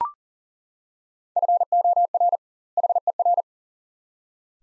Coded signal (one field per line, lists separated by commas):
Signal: Morse code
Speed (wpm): 39 wpm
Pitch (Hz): 700 Hz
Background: none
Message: FOR HER